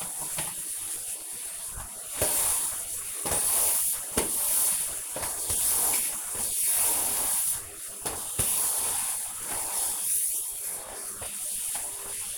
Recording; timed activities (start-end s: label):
household activities, microphone on the right wrist
0.00-12.38 s: vacuum cleaning